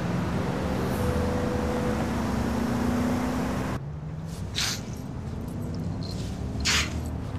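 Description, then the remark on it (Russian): A car speeds along a highway: a steady, low engine drone with humming tones, then a sudden shift to hissing road noise with several brief whooshes of passing traffic. “По трассе мчит машина.”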